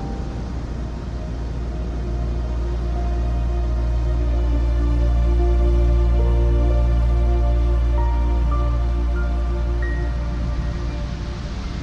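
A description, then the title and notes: Calm piano music over ocean waves, with soft sustained notes ringing above a steady low wash of surf. The waves swell gently, growing fuller through the middle and easing off toward the end, while a few higher piano notes enter near the close. Calm Piano Music, and Ocean Waves.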